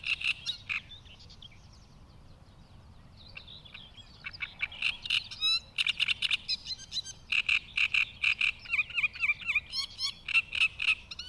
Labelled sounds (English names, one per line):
Great Reed Warbler song